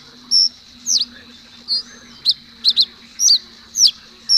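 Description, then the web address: Common reed bunting: sharp high chirps, some doubled, with brief pauses between, steady and simple, a faint low hum beneath. "agykontroll Madardalok Cd 3. Nádi sármány"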